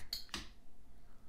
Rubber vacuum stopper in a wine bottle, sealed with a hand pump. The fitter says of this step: the click and you're all sealed up now